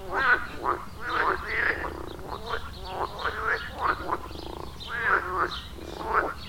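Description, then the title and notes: Frog chorus with rolling, rattling croaks in uneven bursts, many callers overlapping. Chorus at a village pond in Wohlsborn, Germany; recorded with a TASCAM DR-40X. "Wohlsborn, Deutschland - Froschkonzert. Frog concert. Froschkonzert am Dorfteich in Wohlsborn"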